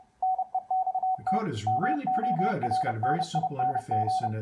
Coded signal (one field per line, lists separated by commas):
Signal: Morse code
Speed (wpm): 30 wpm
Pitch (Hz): 750 Hz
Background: speech, radio noise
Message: NEXT MORNING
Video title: WD9DMP's build of the K3NG CW Keyer and Decoder